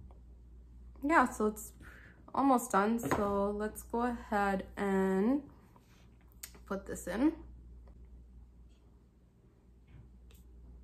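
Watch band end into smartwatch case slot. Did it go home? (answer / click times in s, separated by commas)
no / none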